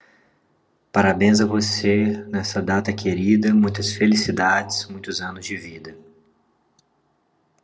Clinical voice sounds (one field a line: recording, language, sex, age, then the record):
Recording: short text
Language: Brazilian Portuguese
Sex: male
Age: 30 to 39 years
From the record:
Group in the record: control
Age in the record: 38 years